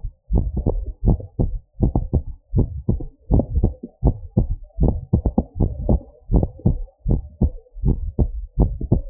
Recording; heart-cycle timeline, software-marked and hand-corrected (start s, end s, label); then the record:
heart sounds
0.00	0.02	S2
0.02	0.34	diastole
0.34	0.46	S1
0.46	0.68	systole
0.68	0.80	S2
0.80	1.08	diastole
1.08	1.20	S1
1.20	1.40	systole
1.40	1.52	S2
1.52	1.82	diastole
1.82	1.94	S1
1.94	2.14	systole
2.14	2.24	S2
2.24	2.56	diastole
2.56	2.68	S1
2.68	2.90	systole
2.90	3.00	S2
3.00	3.32	diastole
3.32	3.44	S1
3.44	3.56	systole
3.56	3.72	S2
3.72	4.04	diastole
4.04	4.16	S1
4.16	4.38	systole
4.38	4.50	S2
4.50	4.82	diastole
4.82	4.96	S1
4.96	5.14	systole
5.14	5.24	S2
5.24	5.58	diastole
5.58	5.70	S1
5.70	5.88	systole
5.88	6.00	S2
6.00	6.32	diastole
6.32	6.44	S1
6.44	6.66	systole
6.66	6.78	S2
6.78	7.10	diastole
7.10	7.22	S1
7.22	7.42	systole
7.42	7.52	S2
7.52	7.84	diastole
7.84	7.98	S1
7.98	8.20	systole
8.20	8.32	S2
8.32	8.60	diastole
8.60	8.72	S1
8.72	8.90	systole
8.90	9.02	S2
9.02	9.10	diastole
From the record:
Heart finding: normal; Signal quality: good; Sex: female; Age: 45 years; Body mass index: 26.6